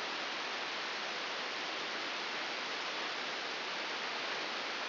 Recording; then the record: brain microelectrode recording played as sound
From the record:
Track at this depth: inside the subthalamic nucleus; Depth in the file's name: 4.208 mm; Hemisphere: right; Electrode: 3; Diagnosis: Parkinson's disease